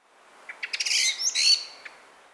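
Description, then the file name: Common blackbird with a brief burst of high squeaky twittering notes, then a single soft note. "Turdus merula"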